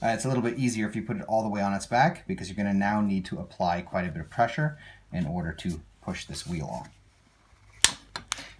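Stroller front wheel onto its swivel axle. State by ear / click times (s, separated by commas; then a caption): seated / 7.8 s. Someone talks while the front wheel of an UPPAbaby Cruz stroller, laid all the way on its back, is pushed hard onto its swivel axle over a shimmed tag to fix a loose, wobbly wheel. The wheel seats with a sharp click at 7.8 s, followed by a few quieter knocks, and the fit is now tighter.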